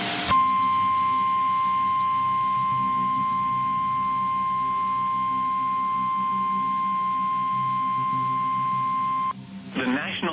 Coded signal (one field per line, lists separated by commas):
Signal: Emergency Alert System (SAME) tones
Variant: 1050 Hz attention tone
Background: speech